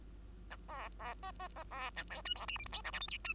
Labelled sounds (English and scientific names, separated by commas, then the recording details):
Bengalese Finch (Lonchura striata domestica) song
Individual Bird2